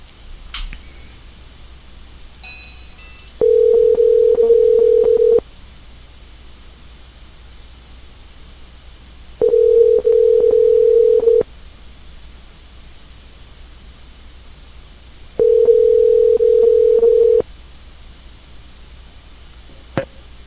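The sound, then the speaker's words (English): A phone line rings out as a person calls their own phone: three long, steady, low-pitched tones, each about two seconds, separated by regular pauses, over a faint background hiss with no talking. “Okay, I'm going to call my phone here.”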